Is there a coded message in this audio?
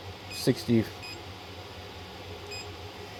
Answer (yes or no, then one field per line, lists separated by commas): no